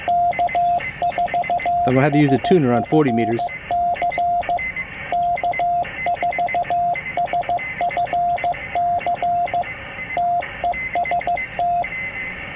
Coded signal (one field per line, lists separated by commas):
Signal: Morse code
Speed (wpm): 15 wpm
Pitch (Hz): 700 Hz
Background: speech, radio noise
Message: K4SFC K4SFC TEST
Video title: QRPGuys triband vertical antenna deployment. How I deploy mine.